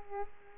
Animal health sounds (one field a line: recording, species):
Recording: mosquito wingbeat signal from an infrared sensor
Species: Aedes aegypti